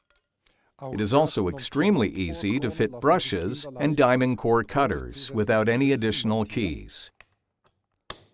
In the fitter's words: hear an audible click which means that the tool is securely anchored now